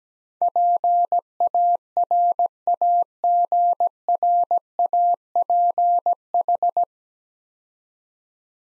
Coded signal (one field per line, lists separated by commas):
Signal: Morse code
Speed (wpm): 17 wpm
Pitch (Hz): 700 Hz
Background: none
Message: PARAGRAPH